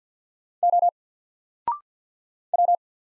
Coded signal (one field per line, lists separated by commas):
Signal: Morse code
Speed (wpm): 50 wpm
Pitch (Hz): 700 Hz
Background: none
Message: O W